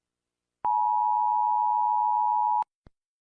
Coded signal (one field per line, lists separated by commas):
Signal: Emergency Alert System (SAME) tones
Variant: 853 and 960 Hz attention tone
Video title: Valor City EAS 12/23